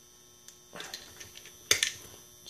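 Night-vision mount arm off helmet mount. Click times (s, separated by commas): 1.7 s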